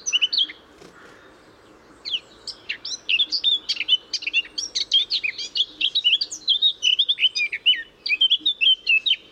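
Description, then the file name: Eurasian blackcap song: a brief opening burst, then from about two seconds a fast, continuous warble of varied chattering and whistled notes running to the end. "Sylvia atricapilla"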